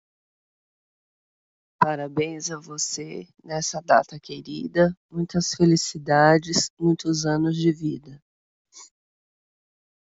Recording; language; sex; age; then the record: short text; Brazilian Portuguese; female; 50 to 59 years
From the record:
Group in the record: control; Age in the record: 50 years